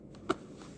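A small linkage part is pressed into its retaining clip on a carburetor assembly for a Honda BF-50 4-stroke outboard motor. Against quiet background noise, a faint tap at 0.15 s comes before a single sharp snap at 0.3 s. The clip snaps closed and the part is seated in place.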